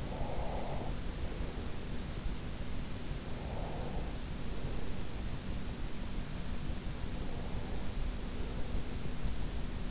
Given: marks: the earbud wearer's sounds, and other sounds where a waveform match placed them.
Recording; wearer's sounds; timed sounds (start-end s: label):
sounds in sleep by an in-ear microphone; breath
0.00-2.21 s: breath
3.14-5.33 s: breath